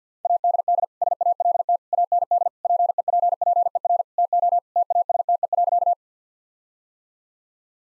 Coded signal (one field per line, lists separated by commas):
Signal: Morse code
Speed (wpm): 50 wpm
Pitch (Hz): 700 Hz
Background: none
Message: ADD SALT AND PEPPER TO TASTE.